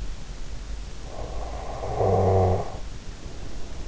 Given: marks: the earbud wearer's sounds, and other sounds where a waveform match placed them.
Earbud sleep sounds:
sounds in sleep by an in-ear microphone; snoring breath
1.14-3.86 s: snoring breath

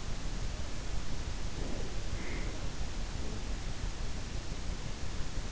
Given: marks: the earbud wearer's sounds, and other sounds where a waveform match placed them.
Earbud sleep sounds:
sounds in sleep by an in-ear microphone; breath
1.43-3.91 s: breath

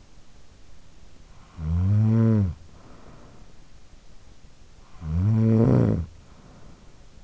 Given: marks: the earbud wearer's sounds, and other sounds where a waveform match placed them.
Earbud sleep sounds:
sounds in sleep by an in-ear microphone; snoring breath
0.94-4.05 s: snoring breath
4.71-7.24 s: snoring breath

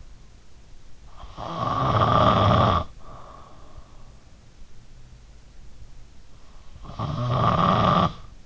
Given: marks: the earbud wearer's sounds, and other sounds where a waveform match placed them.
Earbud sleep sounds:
sounds in sleep by an in-ear microphone; snoring breath
1.16-3.53 s: snoring breath
6.80-8.46 s: snoring breath

